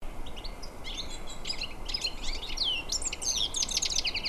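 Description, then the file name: European goldfinch calls, quick high twittering notes with a few sliding whistled notes, irregular and rapid over steady background noise. "Carduelis carduelis"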